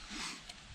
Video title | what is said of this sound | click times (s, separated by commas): Bushmaster M4 - Basic Training | pushing the charging handle forward until it clicks. | 0.5 s